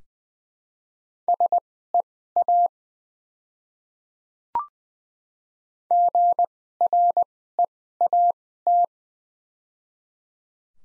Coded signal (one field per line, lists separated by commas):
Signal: Morse code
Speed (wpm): 20 wpm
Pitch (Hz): 700 Hz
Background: none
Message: SEA GREAT